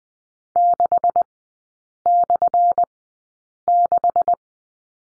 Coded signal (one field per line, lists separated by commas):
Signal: Morse code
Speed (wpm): 19 wpm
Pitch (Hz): 700 Hz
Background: none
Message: 6/6